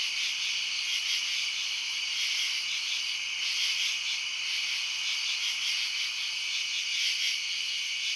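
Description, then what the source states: Crickets chirping in a dense, continuous high-pitched chorus with a faint pulsing rhythm, steady throughout with no other clear sounds. Residential suburbs at night.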